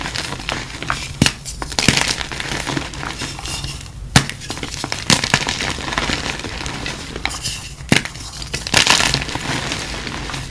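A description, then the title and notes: Crushing and crinkling runs through the whole stretch, a dense crackly texture with sharp snaps standing out at about 1, 2, 4, 5, 8 and 9 seconds. Between the louder cracks it keeps up a steady bright rustle with little pause. Amazing crushes.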